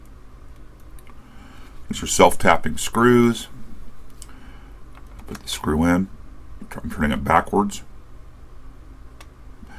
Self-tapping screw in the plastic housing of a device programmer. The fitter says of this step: a little click there when it fell down under the threads that were cut when the screw was originally put in and